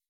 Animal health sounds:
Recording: hydrophone in a shrimp aquaculture tank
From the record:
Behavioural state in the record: weakened

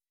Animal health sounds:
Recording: hydrophone in a shrimp aquaculture tank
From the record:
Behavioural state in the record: weakened

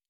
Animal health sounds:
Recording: hydrophone in a shrimp aquaculture tank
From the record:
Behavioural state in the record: normal

